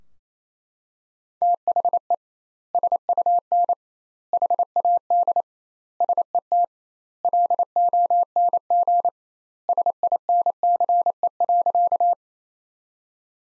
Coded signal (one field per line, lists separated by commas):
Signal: Morse code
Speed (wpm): 28 wpm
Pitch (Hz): 700 Hz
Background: none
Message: THE SUN HAD SET LONG SINCE.